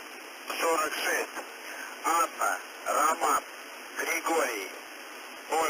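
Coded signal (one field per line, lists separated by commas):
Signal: coded military voice message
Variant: UVB-76, Russian voice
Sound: a male voice reading short clipped words through radio hiss, about seven bursts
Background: radio static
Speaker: uvb-76 technically isn't a number station as uvb-76 doesn't use the standard four or five digit number group format instead it uses a technique known as monolith messages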